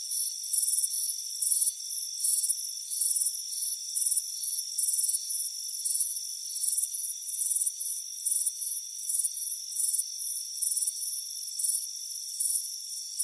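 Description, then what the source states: Shrill cricket chirps in fast pulsed bursts, about three or four a second, forming an almost continuous high trilling chorus. Chirping crickets on a warm afternoon at a front porch.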